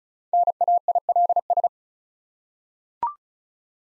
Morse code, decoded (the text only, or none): NAILS